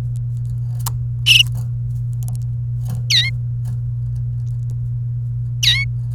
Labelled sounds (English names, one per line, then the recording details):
Domestic Canary song
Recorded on 29 April 2018 at 12:46
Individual llb3